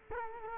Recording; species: mosquito wingbeat signal from an infrared sensor; Culex quinquefasciatus